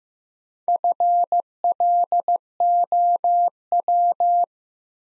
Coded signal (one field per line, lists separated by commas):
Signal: Morse code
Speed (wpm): 15 wpm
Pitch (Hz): 700 Hz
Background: none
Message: FLOW